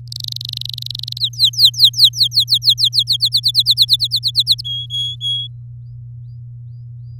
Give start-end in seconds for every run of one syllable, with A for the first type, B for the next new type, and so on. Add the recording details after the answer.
0.07-1.19 A, 1.20-3.03 B, 3.07-4.61 C, 4.64-5.47 D. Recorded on 7 May 2018 at 16:53. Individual llb16